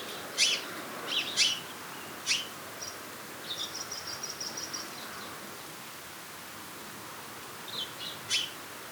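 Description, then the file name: House sparrow giving short, sharp chirps in small irregular bunches, with a thin high twittering series in the middle and a quiet spell before final chirps. "Passer domesticus"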